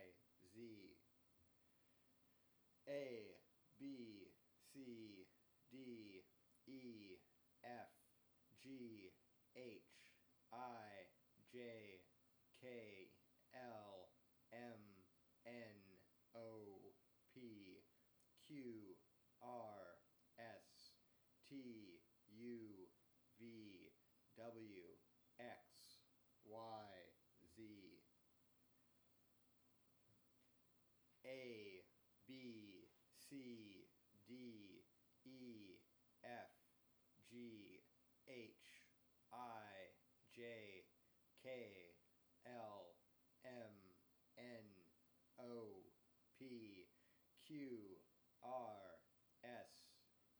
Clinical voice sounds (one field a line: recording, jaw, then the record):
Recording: letters of the alphabet, spoken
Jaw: free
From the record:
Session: first day, before the bite bar